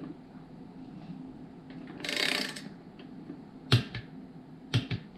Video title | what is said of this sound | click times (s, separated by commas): How Does That Work? - Turbo Supra Drag Car Beadlock Tire Mounting | hear that click it means we are at 12 pound feet there | 3.7 s